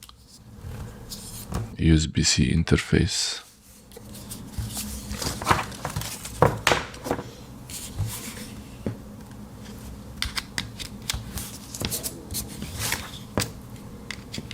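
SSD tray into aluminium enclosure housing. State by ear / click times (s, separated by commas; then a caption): not seated / none. An SSD tray is handled by hand at a UGREEN NVMe M.2 USB 3.2 SSD enclosure with cooling pad (10 Gbps), going into its aluminium housing, while someone talks over sharp taps and handling knocks, loudest around 6.4–6.7 s and 10.2–10.6 s. The tray has not seated or clicked shut yet when the clip ends.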